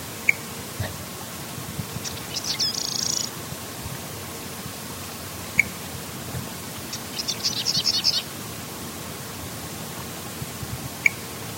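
Sedge wren singing twice: two brief dry chattering trills several seconds apart, each about a second long, with isolated high chips before, between and after, over faint background hiss.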